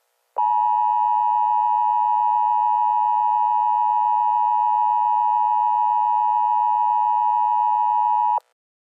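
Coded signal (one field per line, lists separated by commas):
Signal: Emergency Alert System (SAME) tones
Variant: 853 and 960 Hz attention tone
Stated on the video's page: Fictional EAS scenario based mostly on the film "Hard Rain."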